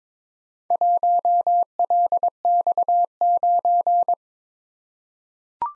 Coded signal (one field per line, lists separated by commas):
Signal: Morse code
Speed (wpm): 22 wpm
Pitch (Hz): 700 Hz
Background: none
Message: 1LX9